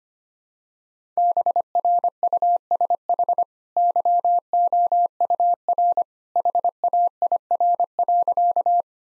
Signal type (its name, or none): Morse code